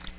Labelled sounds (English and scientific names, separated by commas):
Black-throated Green Warbler (Setophaga virens) flight call